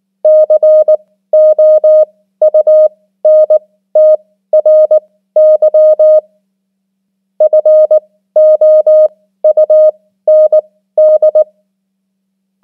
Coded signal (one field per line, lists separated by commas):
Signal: Morse code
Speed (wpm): 19 wpm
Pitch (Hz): 620 Hz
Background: none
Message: COUNTRY FOUND